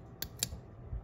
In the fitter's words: probably heard that first click it's just something little